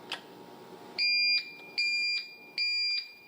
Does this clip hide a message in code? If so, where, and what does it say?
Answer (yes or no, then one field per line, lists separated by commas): no